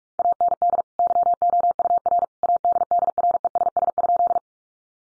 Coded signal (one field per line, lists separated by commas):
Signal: Morse code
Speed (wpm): 44 wpm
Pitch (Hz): 700 Hz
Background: none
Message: AND YOUR ADDRESS?